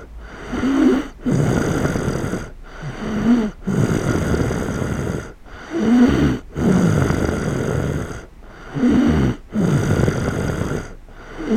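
An adult snoring while asleep at night, in Die, in August 2008.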